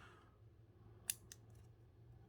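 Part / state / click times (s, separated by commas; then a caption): watch band into smartwatch case / seated / 1.1 s, 1.3 s. A replaceable band is fitted onto a DFG smartwatch case, giving sharp clicks at 1.1 and 1.3 seconds over a low background hum. The band locks into the case.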